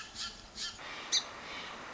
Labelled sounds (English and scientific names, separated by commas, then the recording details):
Song Sparrow (Melospiza melodia)
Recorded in Sonoma County, California